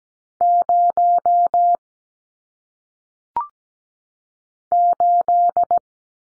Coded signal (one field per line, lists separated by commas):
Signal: Morse code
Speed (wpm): 17 wpm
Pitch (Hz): 700 Hz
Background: none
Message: 0 8